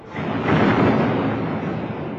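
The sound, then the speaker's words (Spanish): Cannon fire in Beijing on 14 August 1900 as foreign troops enter the city: explosions merge into one loud, continuous rumbling roar that swells after a brief onset and holds steady, heavy and booming, with no voices. “Los cañonazos lo asolan todo.”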